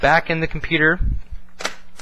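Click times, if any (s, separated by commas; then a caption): 1.7 s. Someone talks as a battery pack is put back into the battery bay of a Dell Inspiron 1525 laptop. It latches into place with a loud, sharp click at 1.7 s, and the battery is seated.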